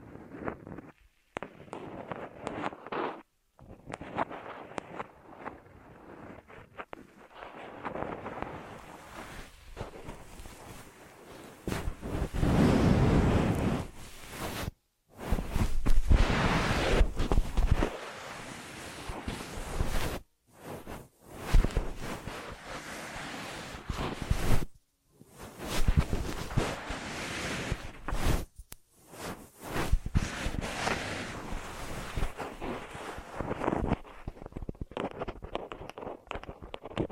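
Ear massage sounds: heavy rubbing and rustling strokes with a deep, whooshing rumble like wind or surf. The strokes come in dense bursts broken by short, abrupt silences every few seconds, and they grow louder through the middle before easing toward the end.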